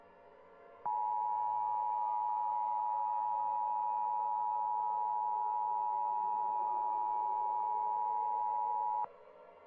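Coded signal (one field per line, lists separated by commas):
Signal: Emergency Alert System (SAME) tones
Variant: 853 and 960 Hz attention tone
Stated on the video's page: Fictional EAS scenario, analog horror about Earth's magnetic field in permanent flux.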